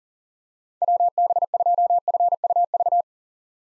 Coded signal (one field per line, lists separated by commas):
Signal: Morse code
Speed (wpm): 38 wpm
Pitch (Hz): 700 Hz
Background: none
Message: WB2FUV